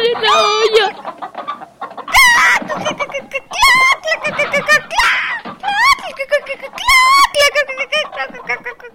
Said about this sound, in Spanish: Te atrapé. Toma, papi, aquí está la gallina. Gracias, hija. Es la más hermosa del gallinero.